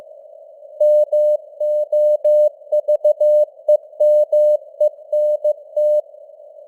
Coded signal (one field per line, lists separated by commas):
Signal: Morse code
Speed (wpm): 15 wpm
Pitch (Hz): 600 Hz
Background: none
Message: MOVEMENT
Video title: Morse Code News | 2025-10-14 | 15wpm